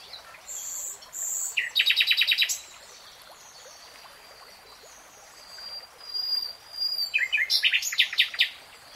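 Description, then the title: Nightingale singing two phrases of rapid, sharp repeated notes separated by a few seconds of near silence; each phrase opens with brief whistles. Real-time recording. "[Tiếng chim hót] REALTIME Nightingale Singing"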